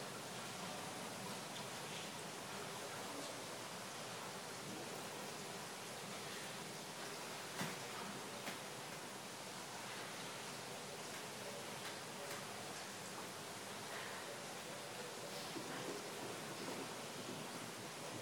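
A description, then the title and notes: Rain falls in Berlin as a steady, dense hiss that covers the lows and highs alike and barely changes over the whole stretch. A few sharper drops or taps stand out, one near the middle, with faint faster patters scattered throughout. Rain at Berlin.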